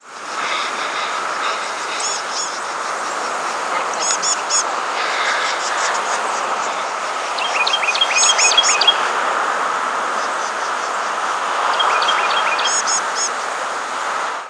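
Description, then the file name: Blue-gray gnatcatcher calling: short bursts of thin, high notes over a steady background hiss. "bggn"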